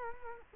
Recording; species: mosquito wingbeat signal from an infrared sensor; Culex quinquefasciatus